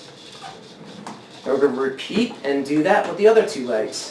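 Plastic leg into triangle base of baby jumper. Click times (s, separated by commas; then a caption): 1.1 s. A plastic leg is slid into the triangle base of a Fisher-Price Go Wild Jumperoo baby jumper and pushed until it clicks into place, with a short, sharp click at 1.0 s. After the click, someone talks, moving on to attach the other two legs.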